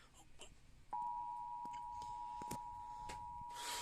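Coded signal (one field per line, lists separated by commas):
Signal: Emergency Alert System (SAME) tones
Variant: 853 and 960 Hz attention tone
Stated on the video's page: Severe thunderstorm warning SAME tones relayed on a New Jersey public television station.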